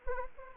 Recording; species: mosquito wingbeat signal from an infrared sensor; Anopheles arabiensis